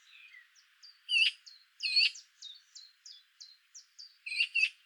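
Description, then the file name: Eurasian magpie harsh chattering calls, loud rasping bursts in the first half and again at the end, with soft short chirping notes repeated between them. "Pica pica"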